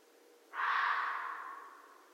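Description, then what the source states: Red fox letting out a single coarse, breathy bark that begins suddenly and fades gradually, leaving a reverberant tail against quiet background hum. Recorded on 13 January 2012.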